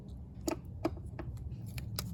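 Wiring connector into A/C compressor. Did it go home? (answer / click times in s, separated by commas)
no / none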